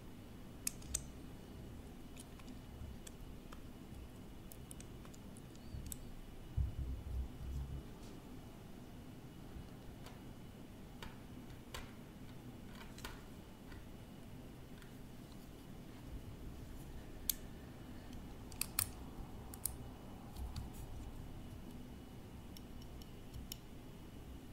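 Office objects are tapped and traced close-up, with sharp, light clicks and taps arriving irregularly every second or two, a few louder ones standing out. Between taps there is soft scratchy tracing over a steady low hum and a faint thin whine.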